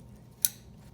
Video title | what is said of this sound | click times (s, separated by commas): 2018 Mazda 6 rear brake pad replacement | this electrical cable and hook it back up and you should hear it snap | 0.4 s